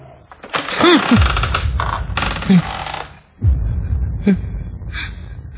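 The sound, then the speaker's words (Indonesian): A chair shifts and drags across the floor of a dark central room in several rough, grinding pushes, with short squeaky whines between the scrapes and a brief pause midway; no one speaks. “terdengar kali ini kursi yang bergeser.”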